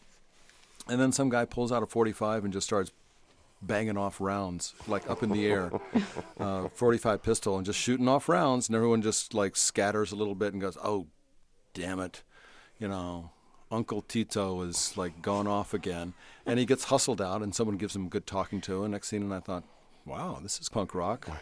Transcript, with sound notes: And then some guy pulls out a .45 and just starts banging off rounds like up in the air...
(Laughter).
...45 pistol and just shooting off rounds, and everyone just, like, scatters a little bit and goes oh, damn it. You know, uncle Tito is - like, gone off again. And he gets hustled out, and someone gives him a good talking to. And Exene and I thought wow, this is punk rock.